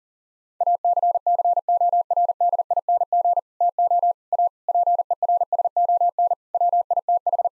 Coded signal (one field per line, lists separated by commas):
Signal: Morse code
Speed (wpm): 40 wpm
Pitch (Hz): 700 Hz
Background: none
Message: ACCORDING TO A PERSON WITH